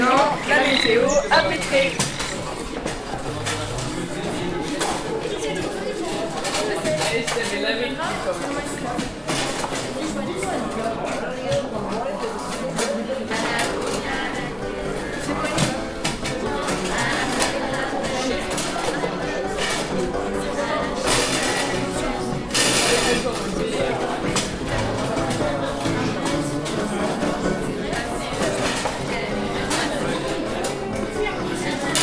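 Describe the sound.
A busy foyer filled with many overlapping voices, a dense, steady murmur of chatter echoing in an indoor space. The crowd noise stays even throughout, with occasional clicks, knocks and brighter bursts rising briefly out of the hubbub.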